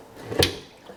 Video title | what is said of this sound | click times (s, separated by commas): Valve Check & Adjustment - Royal Enfield Himalayan | we go do you see how it kind of popped into place and I can tell because the cables are nice and tight | 0.4 s